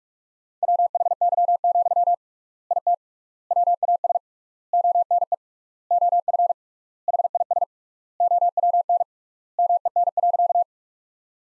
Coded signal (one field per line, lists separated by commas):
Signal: Morse code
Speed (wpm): 41 wpm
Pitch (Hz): 700 Hz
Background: none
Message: WHY, IT WAS ONE OF HIS OWN MEN.